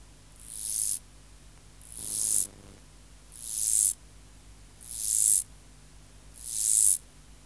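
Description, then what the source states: Mottled grasshopper stridulation, five crescendo buzzes of high hissing sound, each about half a second long, repeated roughly every one and a half seconds. Subspecies hispanicus.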